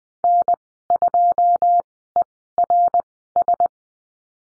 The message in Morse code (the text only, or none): N2ERS